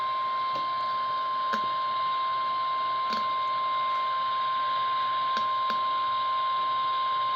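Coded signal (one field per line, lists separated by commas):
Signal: Emergency Alert System (SAME) tones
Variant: 853 and 960 Hz attention tone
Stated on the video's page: Real 911 telephone outage emergency alert captured off an FM radio station.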